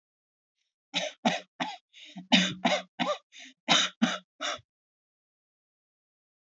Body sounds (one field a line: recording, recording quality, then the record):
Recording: shallow voluntary cough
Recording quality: excellent, no background noise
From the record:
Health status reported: healthy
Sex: male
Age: 21 years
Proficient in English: yes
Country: India